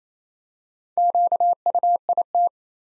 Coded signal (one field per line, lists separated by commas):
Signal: Morse code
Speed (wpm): 27 wpm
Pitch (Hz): 700 Hz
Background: none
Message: QUIT